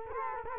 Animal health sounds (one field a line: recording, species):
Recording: mosquito wingbeat signal from an infrared sensor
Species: Culex quinquefasciatus